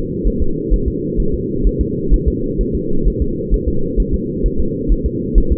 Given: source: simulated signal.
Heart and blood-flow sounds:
fetal heart sounds
0.27 s: S1
0.42 s: S2
0.73 s: S1
0.88 s: S2
1.20 s: S1
1.34 s: S2
1.67 s: S1
1.81 s: S2
2.14 s: S1
2.28 s: S2
2.61 s: S1
2.75 s: S2
3.07 s: S1
3.22 s: S2
3.54 s: S1
3.68 s: S2
4.00 s: S1
4.14 s: S2
4.46 s: S1
4.60 s: S2
4.92 s: S1
5.06 s: S2
5.38 s: S1
5.52 s: S2
From the record:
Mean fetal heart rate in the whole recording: 130 bpm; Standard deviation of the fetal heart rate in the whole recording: 2 bpm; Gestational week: 36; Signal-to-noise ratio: -8.1 dB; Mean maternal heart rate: 72 bpm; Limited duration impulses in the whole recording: absent

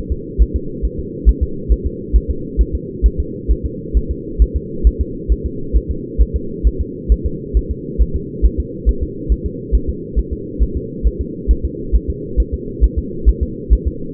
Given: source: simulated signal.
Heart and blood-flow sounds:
fetal heart sounds
0.12 s: S2
0.42 s: S1
0.56 s: S2
0.85 s: S1
0.99 s: S2
1.29 s: S1
1.43 s: S2
1.72 s: S1
1.86 s: S2
2.16 s: S1
2.30 s: S2
2.61 s: S1
2.75 s: S2
3.06 s: S1
3.20 s: S2
3.51 s: S1
3.66 s: S2
3.97 s: S1
4.11 s: S2
4.42 s: S1
4.56 s: S2
4.87 s: S1
5.01 s: S2
5.32 s: S1
5.46 s: S2
5.77 s: S1
5.91 s: S2
6.22 s: S1
6.36 s: S2
6.67 s: S1
6.81 s: S2
7.12 s: S1
7.26 s: S2
7.57 s: S1
7.71 s: S2
8.02 s: S1
8.16 s: S2
8.45 s: S1
8.60 s: S2
8.89 s: S1
9.03 s: S2
9.32 s: S1
9.46 s: S2
9.75 s: S1
9.89 s: S2
10.19 s: S1
10.33 s: S2
10.62 s: S1
10.77 s: S2
11.07 s: S1
11.21 s: S2
11.51 s: S1
11.65 s: S2
11.95 s: S1
12.10 s: S2
12.40 s: S1
12.54 s: S2
12.84 s: S1
12.98 s: S2
13.29 s: S1
13.43 s: S2
13.73 s: S1
13.88 s: S2
From the record:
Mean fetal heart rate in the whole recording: 135 bpm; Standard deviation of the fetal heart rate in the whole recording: 3 bpm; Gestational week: 34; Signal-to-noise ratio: -4.3 dB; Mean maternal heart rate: 72 bpm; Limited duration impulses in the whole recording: absent

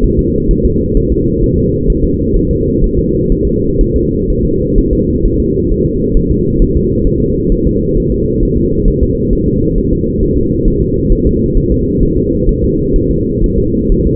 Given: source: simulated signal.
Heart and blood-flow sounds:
fetal heart sounds
0.04 s: S1
0.19 s: S2
0.51 s: S1
0.66 s: S2
0.97 s: S1
1.12 s: S2
1.44 s: S1
1.58 s: S2
1.90 s: S1
2.04 s: S2
2.37 s: S1
2.51 s: S2
2.84 s: S1
2.98 s: S2
3.32 s: S1
3.47 s: S2
3.81 s: S1
3.96 s: S2
4.30 s: S1
4.45 s: S2
4.78 s: S1
4.93 s: S2
5.26 s: S1
5.40 s: S2
5.71 s: S1
5.86 s: S2
6.17 s: S1
6.31 s: S2
6.62 s: S1
6.77 s: S2
7.07 s: S1
7.22 s: S2
7.52 s: S1
7.67 s: S2
7.97 s: S1
8.12 s: S2
8.43 s: S1
8.57 s: S2
8.88 s: S1
9.03 s: S2
9.33 s: S1
9.48 s: S2
9.78 s: S1
9.93 s: S2
10.23 s: S1
10.38 s: S2
10.68 s: S1
10.82 s: S2
11.12 s: S1
11.27 s: S2
11.57 s: S1
11.72 s: S2
12.03 s: S1
12.18 s: S2
12.49 s: S1
12.64 s: S2
12.96 s: S1
13.11 s: S2
13.44 s: S1
13.58 s: S2
13.92 s: S1
14.07 s: S2
From the record:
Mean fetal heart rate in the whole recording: 130 bpm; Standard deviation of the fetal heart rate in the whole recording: 4 bpm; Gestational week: 38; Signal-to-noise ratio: -14.7 dB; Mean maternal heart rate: 72 bpm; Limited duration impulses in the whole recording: present

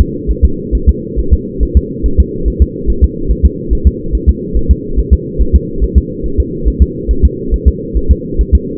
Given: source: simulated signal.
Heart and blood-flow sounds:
fetal heart sounds
0.00 s: S2
0.31 s: S1
0.45 s: S2
0.75 s: S1
0.89 s: S2
1.19 s: S1
1.33 s: S2
1.63 s: S1
1.77 s: S2
2.06 s: S1
2.20 s: S2
2.48 s: S1
2.62 s: S2
2.90 s: S1
3.04 s: S2
3.31 s: S1
3.45 s: S2
3.73 s: S1
3.87 s: S2
4.15 s: S1
4.29 s: S2
4.57 s: S1
4.71 s: S2
4.99 s: S1
5.13 s: S2
5.41 s: S1
5.56 s: S2
5.84 s: S1
5.98 s: S2
6.26 s: S1
6.40 s: S2
6.68 s: S1
6.82 s: S2
7.11 s: S1
7.25 s: S2
7.54 s: S1
7.68 s: S2
7.97 s: S1
8.11 s: S2
8.41 s: S1
8.55 s: S2
From the record:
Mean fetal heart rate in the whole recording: 140 bpm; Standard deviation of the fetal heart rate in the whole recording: 2 bpm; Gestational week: 34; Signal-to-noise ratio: -8.1 dB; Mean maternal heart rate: 72 bpm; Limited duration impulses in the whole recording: present

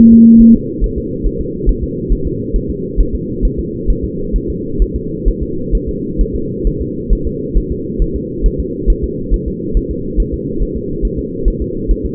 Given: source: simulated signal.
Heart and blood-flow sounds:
fetal heart sounds
0.13 s: S2
0.41 s: S1
0.56 s: S2
0.84 s: S1
0.98 s: S2
1.26 s: S1
1.41 s: S2
1.69 s: S1
1.83 s: S2
2.12 s: S1
2.27 s: S2
2.56 s: S1
2.70 s: S2
3.00 s: S1
3.15 s: S2
3.45 s: S1
3.59 s: S2
3.90 s: S1
4.04 s: S2
4.36 s: S1
4.50 s: S2
4.82 s: S1
4.96 s: S2
5.28 s: S1
5.42 s: S2
5.75 s: S1
5.89 s: S2
6.21 s: S1
6.35 s: S2
6.67 s: S1
6.81 s: S2
7.13 s: S1
7.27 s: S2
7.57 s: S1
7.72 s: S2
8.02 s: S1
8.16 s: S2
8.46 s: S1
8.60 s: S2
8.90 s: S1
9.04 s: S2
9.34 s: S1
9.48 s: S2
9.77 s: S1
9.91 s: S2
10.20 s: S1
10.34 s: S2
10.62 s: S1
10.77 s: S2
11.05 s: S1
11.19 s: S2
11.48 s: S1
11.62 s: S2
11.91 s: S1
12.06 s: S2
From the record:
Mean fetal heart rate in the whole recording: 135 bpm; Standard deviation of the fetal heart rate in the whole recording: 3 bpm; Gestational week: 36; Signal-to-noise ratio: -6.6 dB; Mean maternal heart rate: 72 bpm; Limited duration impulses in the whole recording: present

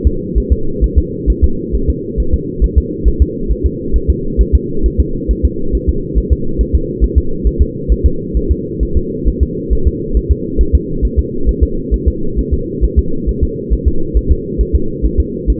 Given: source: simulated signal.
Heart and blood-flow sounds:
fetal heart sounds
0.07 s: S2
0.38 s: S1
0.52 s: S2
0.84 s: S1
0.98 s: S2
1.30 s: S1
1.44 s: S2
1.75 s: S1
1.90 s: S2
2.20 s: S1
2.34 s: S2
2.64 s: S1
2.78 s: S2
3.08 s: S1
3.22 s: S2
3.51 s: S1
3.66 s: S2
3.96 s: S1
4.10 s: S2
4.41 s: S1
4.55 s: S2
4.86 s: S1
5.00 s: S2
5.31 s: S1
5.45 s: S2
5.75 s: S1
5.89 s: S2
6.18 s: S1
6.33 s: S2
6.61 s: S1
6.75 s: S2
7.04 s: S1
7.18 s: S2
7.47 s: S1
7.62 s: S2
7.92 s: S1
8.06 s: S2
8.37 s: S1
8.51 s: S2
8.83 s: S1
8.97 s: S2
9.28 s: S1
9.43 s: S2
9.73 s: S1
9.87 s: S2
10.17 s: S1
10.31 s: S2
10.61 s: S1
10.75 s: S2
11.05 s: S1
11.19 s: S2
11.49 s: S1
11.63 s: S2
11.94 s: S1
12.08 s: S2
12.39 s: S1
12.53 s: S2
12.84 s: S1
12.99 s: S2
13.29 s: S1
13.43 s: S2
13.73 s: S1
13.88 s: S2
14.17 s: S1
14.31 s: S2
14.61 s: S1
14.75 s: S2
15.05 s: S1
15.20 s: S2
15.50 s: S1
From the record:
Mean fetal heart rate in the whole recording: 135 bpm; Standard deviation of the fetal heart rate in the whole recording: 3 bpm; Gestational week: 34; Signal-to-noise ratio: -8.1 dB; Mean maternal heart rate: 72 bpm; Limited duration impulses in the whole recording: absent

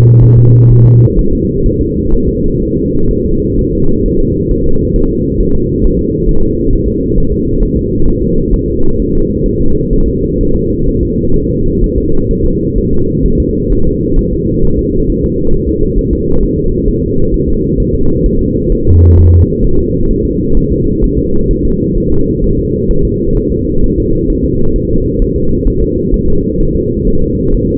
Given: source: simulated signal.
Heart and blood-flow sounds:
fetal heart sounds
0.24 s: S1
0.38 s: S2
0.71 s: S1
0.86 s: S2
1.19 s: S1
1.33 s: S2
1.66 s: S1
1.81 s: S2
2.14 s: S1
2.28 s: S2
2.62 s: S1
2.77 s: S2
3.11 s: S1
3.25 s: S2
3.59 s: S1
3.73 s: S2
4.06 s: S1
4.20 s: S2
4.51 s: S1
4.66 s: S2
4.96 s: S1
5.11 s: S2
5.40 s: S1
5.55 s: S2
5.84 s: S1
5.99 s: S2
6.29 s: S1
6.43 s: S2
6.73 s: S1
6.87 s: S2
7.18 s: S1
7.32 s: S2
7.63 s: S1
7.77 s: S2
8.08 s: S1
8.22 s: S2
8.54 s: S1
8.68 s: S2
9.00 s: S1
9.14 s: S2
9.46 s: S1
9.61 s: S2
9.93 s: S1
10.08 s: S2
10.41 s: S1
10.55 s: S2
10.89 s: S1
11.03 s: S2
11.36 s: S1
11.51 s: S2
11.84 s: S1
11.98 s: S2
12.31 s: S1
12.45 s: S2
12.78 s: S1
12.93 s: S2
13.26 s: S1
13.40 s: S2
13.73 s: S1
13.87 s: S2
14.19 s: S1
14.33 s: S2
14.65 s: S1
14.79 s: S2
15.10 s: S1
15.24 s: S2
15.54 s: S1
15.69 s: S2
15.99 s: S1
16.13 s: S2
16.43 s: S1
16.58 s: S2
16.88 s: S1
17.03 s: S2
17.34 s: S1
17.48 s: S2
17.80 s: S1
17.95 s: S2
18.26 s: S1
18.41 s: S2
18.72 s: S1
18.87 s: S2
19.18 s: S1
19.33 s: S2
19.64 s: S1
19.79 s: S2
20.11 s: S1
20.25 s: S2
20.57 s: S1
20.72 s: S2
21.04 s: S1
21.18 s: S2
21.51 s: S1
21.65 s: S2
21.98 s: S1
22.12 s: S2
22.44 s: S1
22.59 s: S2
22.91 s: S1
23.05 s: S2
23.37 s: S1
23.52 s: S2
23.84 s: S1
23.98 s: S2
24.30 s: S1
24.44 s: S2
24.76 s: S1
24.90 s: S2
25.22 s: S1
25.36 s: S2
25.68 s: S1
25.82 s: S2
26.14 s: S1
26.28 s: S2
26.60 s: S1
26.75 s: S2
27.07 s: S1
27.22 s: S2
27.54 s: S1
27.69 s: S2
From the record:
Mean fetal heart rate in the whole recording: 130 bpm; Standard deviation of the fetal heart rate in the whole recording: 4 bpm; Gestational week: 38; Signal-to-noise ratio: -17.7 dB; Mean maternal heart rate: 72 bpm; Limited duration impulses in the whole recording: present

